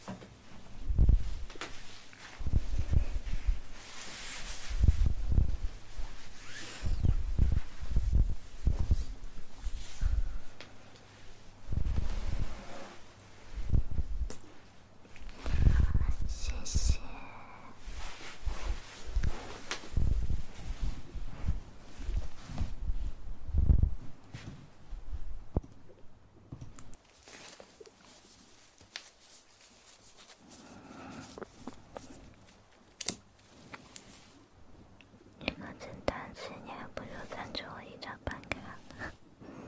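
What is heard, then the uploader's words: Breathy blowing moves in bursts, puffing into the microphone every second or two with heavy low rumble on the loudest gusts. After about 27 seconds the blowing grows softer and sparser, with faint rustling and crackly handling sounds near the end. Ear to Ear Blowing.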